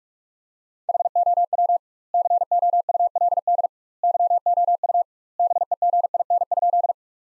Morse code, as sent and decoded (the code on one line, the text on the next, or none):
.... --- .-- / -.-. --- ..- .-.. -.. / -.-- --- ..- / -... . --. .. -. ..--..
HOW COULD YOU BEGIN?